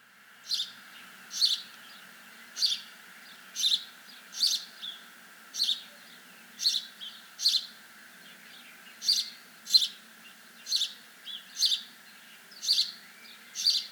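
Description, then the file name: House sparrow chirping repeatedly, brief scratchy notes at irregular intervals of about one second, against constant high-pitched background noise. "Passer domesticus"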